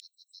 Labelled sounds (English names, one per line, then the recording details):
Yellowhammer song
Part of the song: start
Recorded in the Czech Republic on 23 June 2013
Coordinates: 49.661, 17.187
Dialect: BhBl
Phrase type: F35
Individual 311698